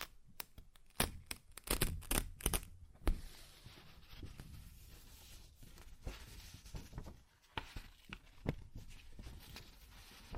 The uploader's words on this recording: ASMR Paper Ripping Tearing Sounds (No Talking).